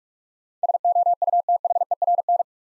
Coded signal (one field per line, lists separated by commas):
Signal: Morse code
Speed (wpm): 46 wpm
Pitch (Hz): 700 Hz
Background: none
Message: SOUTHERN